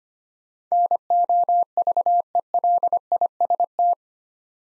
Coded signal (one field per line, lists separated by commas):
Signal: Morse code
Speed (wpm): 25 wpm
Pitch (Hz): 700 Hz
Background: none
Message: NOVELIST